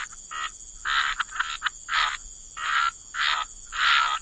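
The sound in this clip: Frog chorus of repeated grating croaks over a persistent high background tone.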